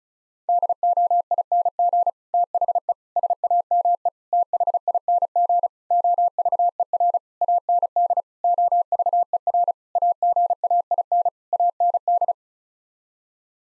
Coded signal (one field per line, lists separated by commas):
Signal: Morse code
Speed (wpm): 36 wpm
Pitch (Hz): 700 Hz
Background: none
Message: DOING THE SAME THING OVER AND OVER AGAIN AND